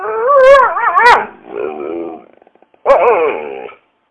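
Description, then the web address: Dog whimpering in high, wavering whines that rise and fall, a trembling pair of cries, a softer quivering whimper, a pause, then another whine. A sad puppy. "hollywood dog"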